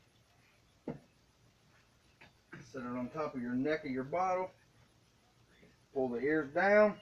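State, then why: Not seated. A metal crown cap is set in a bottle capper and positioned over the neck of a glass beer bottle, before the capper ears are pulled down to crimp it. Two brief handling knocks come at about 0.9 s and 2.2 s, then someone talks. The cap has not been crimped and nothing has clicked yet.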